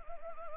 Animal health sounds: mosquito wingbeat signal from an infrared sensor; Anopheles arabiensis

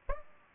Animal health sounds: mosquito wingbeat signal from an infrared sensor; Aedes albopictus

